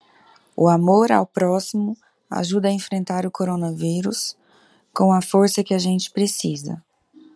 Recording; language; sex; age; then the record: spoken sentence; Brazilian Portuguese; female; 30 to 39 years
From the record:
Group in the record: control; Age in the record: 35 years